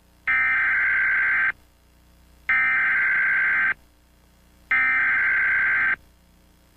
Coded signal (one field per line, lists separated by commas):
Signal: Emergency Alert System (SAME) tones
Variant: header bursts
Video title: EAS Scenario The Powerpuff Girls